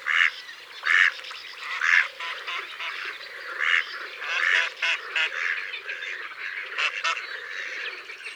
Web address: Canard colvert. abc de la nature